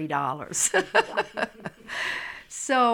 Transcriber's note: she laughs